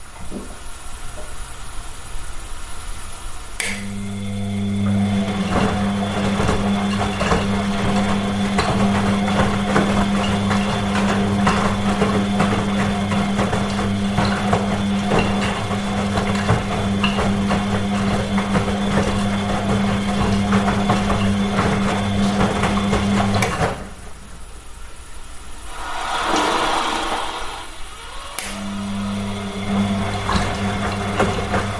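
A washing machine runs with a steady low motor hum and a constant whirring drone, the drum sloshing softly underneath. At about four seconds the hum kicks in, then it drops out near 24 seconds into a swishing, shifting wash sound before resuming around 28 seconds.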